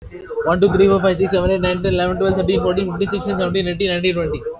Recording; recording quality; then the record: counting at a fast pace; excellent, no background noise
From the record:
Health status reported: healthy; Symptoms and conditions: none ticked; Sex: male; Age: 23 years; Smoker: not ticked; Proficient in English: yes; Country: India